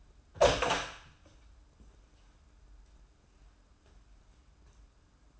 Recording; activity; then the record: daily activity, microphone in the room; open door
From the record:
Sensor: 2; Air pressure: 994.3 hPa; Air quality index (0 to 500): 205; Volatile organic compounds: 1000 ppm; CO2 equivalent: 6788 ppm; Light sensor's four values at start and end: 87/205/86/87 and 85/200/83/84